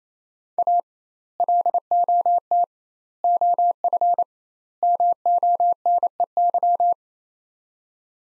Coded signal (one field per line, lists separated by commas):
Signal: Morse code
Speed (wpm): 28 wpm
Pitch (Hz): 700 Hz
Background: none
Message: A LOT OF MONEY